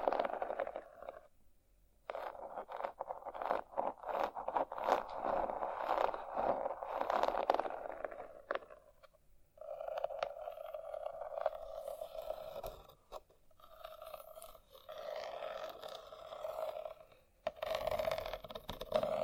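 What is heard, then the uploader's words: Dry scratching in uneven bursts of rasping strokes, broken by short silences near two, nine and seventeen seconds. ASMR Scratching.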